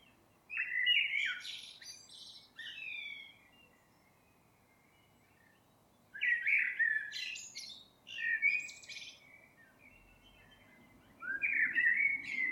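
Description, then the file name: Common blackbird song: several fluting phrases with squeaky high flourishes, separated by pauses. "Turdus merula"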